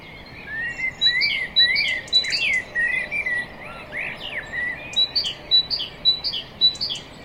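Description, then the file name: Common blackbird song, mellow warbled phrases, overlapped by quick high piping notes repeating roughly twice each second. "Turdus merula"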